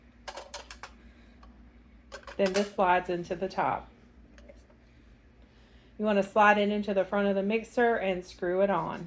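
A 4mm medium shredding blade, used for shredding cheese, is pushed into the plastic housing of a KitchenAid Fresh Prep Slicer/Shredder stand mixer attachment and turned until it clicks into place at 0.3 s. A quick run of sharp ticks follows until about 0.8 s, and then someone talks. The blade is seated.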